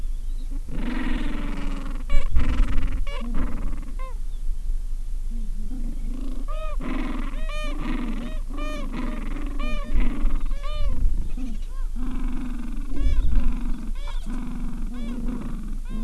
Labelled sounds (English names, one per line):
Gentoo Penguin